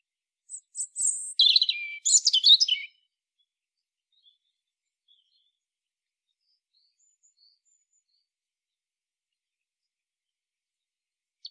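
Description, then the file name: European robin singing one short, high phrase of thin, tumbling trills and sharp notes, followed by a long quiet. "Erithacus rubecula"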